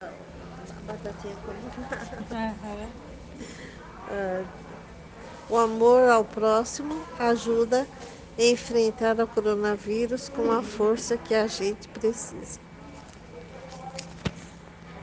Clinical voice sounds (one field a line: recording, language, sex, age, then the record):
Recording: spoken sentence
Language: Brazilian Portuguese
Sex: female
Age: 60 to 69 years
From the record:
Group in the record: respiratory insufficiency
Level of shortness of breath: 5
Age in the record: 64 years